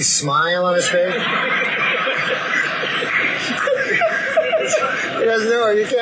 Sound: laughter